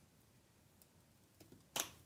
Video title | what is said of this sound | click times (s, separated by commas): iBUYPOWER AMD Advantage Giveaway Live PC Build! Plus Win an RX 7900 XT During the Stream! | bam two nice clicks there we go | 0.8 s, 1.8 s